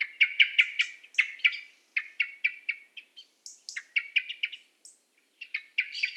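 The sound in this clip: Common blackbird giving chattering calls, rapid clusters of sharp, clicking notes broken by brief gaps, with a few thin higher squeaks mixed in, against a silent background.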